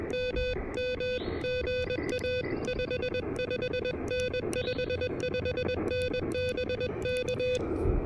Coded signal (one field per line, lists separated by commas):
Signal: Morse code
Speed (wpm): 21 wpm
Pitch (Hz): 2500 Hz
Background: music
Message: MM GA 55N 55N BK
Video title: KH1 Super Portable POTA: Testing the new Elecraft KHRA1 Right-Angle Antenna Adapter!